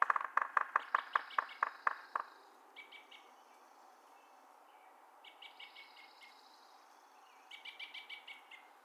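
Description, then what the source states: Yellow-bellied Sapsucker drumming: a run of loud taps for about two seconds, then several series of quieter, harmonic calls. Drumming and calls.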